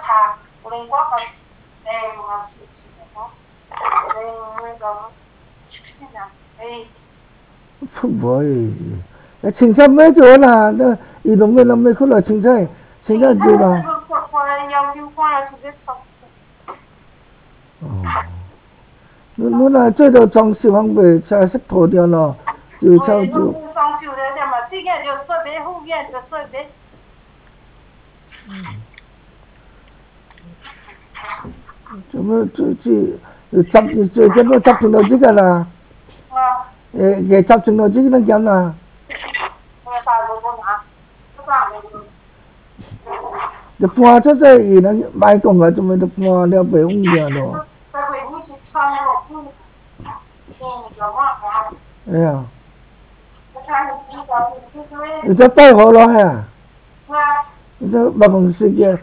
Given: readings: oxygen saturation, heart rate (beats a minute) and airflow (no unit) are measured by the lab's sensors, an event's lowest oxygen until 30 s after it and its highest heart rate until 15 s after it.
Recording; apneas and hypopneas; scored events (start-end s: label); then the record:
a person awake in a sleep study, by a voice recorder at the bedside; none
0.00-59.03 s: awake
From the record:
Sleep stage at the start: awake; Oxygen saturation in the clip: 93 to 96%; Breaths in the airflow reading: 20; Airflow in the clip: -7.5 to 5.8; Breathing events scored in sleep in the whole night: 270 in 6.1 hours asleep